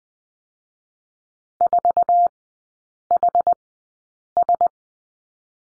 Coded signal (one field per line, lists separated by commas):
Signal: Morse code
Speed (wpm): 20 wpm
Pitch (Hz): 700 Hz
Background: none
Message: 4HS